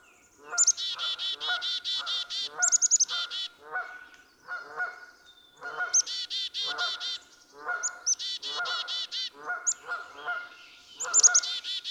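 Black-capped chickadee calling repeatedly: several bouts, each a sharp high note followed by a string of buzzy dee notes.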